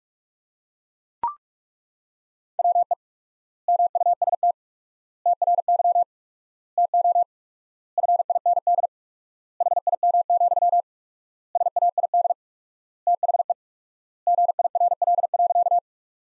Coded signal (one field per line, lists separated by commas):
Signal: Morse code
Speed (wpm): 42 wpm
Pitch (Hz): 700 Hz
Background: none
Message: WE MUST TRY TO FIND HIM, SAID THE GIRL.